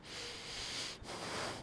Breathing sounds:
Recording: one breath in and out by a microphone near the nose and mouth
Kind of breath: deep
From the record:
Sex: male

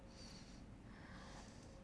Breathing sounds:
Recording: one breath in and out by a microphone near the nose and mouth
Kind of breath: deep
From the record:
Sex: male

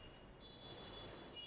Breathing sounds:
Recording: one breath in and out by a microphone near the nose and mouth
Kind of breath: normal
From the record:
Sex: female

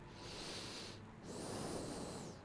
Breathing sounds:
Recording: one breath in and out by a microphone near the nose and mouth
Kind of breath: normal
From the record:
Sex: male

